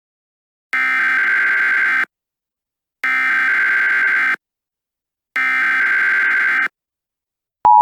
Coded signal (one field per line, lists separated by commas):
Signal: Emergency Alert System (SAME) tones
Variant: header bursts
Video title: EAS Scenario #2: Calamity Ganon